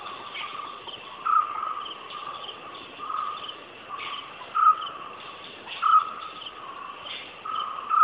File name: Call of small green barbet